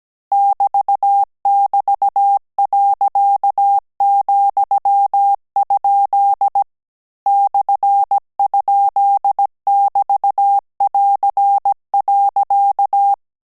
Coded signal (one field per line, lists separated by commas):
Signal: Morse code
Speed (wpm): 17 wpm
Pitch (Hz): 800 Hz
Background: none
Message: <BT><BT>.,? /?<BT><AR>.